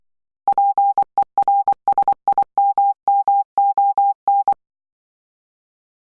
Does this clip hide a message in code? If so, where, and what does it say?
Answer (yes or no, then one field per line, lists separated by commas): yes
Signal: Morse code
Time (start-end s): 0.5-4.5 s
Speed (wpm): 22 wpm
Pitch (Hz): 800 Hz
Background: none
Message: PERSIMMON